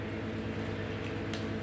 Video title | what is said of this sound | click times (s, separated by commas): Cabinet hinge broken? How to replace it DIY | squeeze them down until it clicks. | 1.3 s